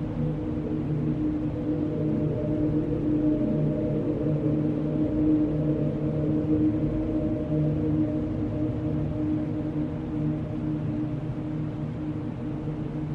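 A dense, steady hiss of pink noise fills the whole clip, overlaid by a low alien drone made of several sustained tones that waver and swell slightly. The level stays constant throughout, with the sound weighted toward the low end and little brightness above.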